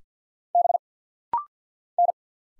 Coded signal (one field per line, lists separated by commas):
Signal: Morse code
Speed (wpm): 50 wpm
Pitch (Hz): 700 Hz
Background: none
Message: B N